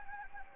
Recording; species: mosquito wingbeat signal from an infrared sensor; Anopheles gambiae